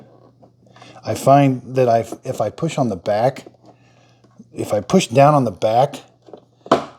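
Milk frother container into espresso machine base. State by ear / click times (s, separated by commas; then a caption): seated / 6.7 s. On a Chefman Barista Pro 6-in-1 espresso machine (RJ54-V2), the milk frother container is pushed down at the back into the machine's base while someone talks. It snaps home with a loud, sharp click at 6.7 s and is seated in place.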